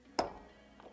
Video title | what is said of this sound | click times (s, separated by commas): KTM 125SX MOTOR IS DONE!!!! - Top End Rebuild! | i'm gonna put it push it all the way in until it snaps which is right there | 0.2 s